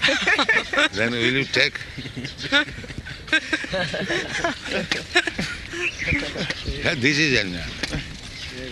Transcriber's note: laughter